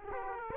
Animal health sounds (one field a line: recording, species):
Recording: mosquito wingbeat signal from an infrared sensor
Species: Aedes aegypti